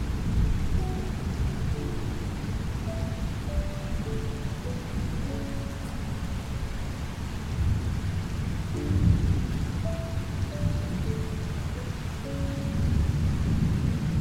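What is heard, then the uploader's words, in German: A thunderstorm rumbles low and steady throughout, with dense rain hiss and deep rolling thunder swelling around the ninth second and again near the end. Over it, gentle music plays a slow, simple melody of sustained notes in the middle register, repeating its phrase about halfway through. Beruhigende Gewitterklänge und Sanfte Musik.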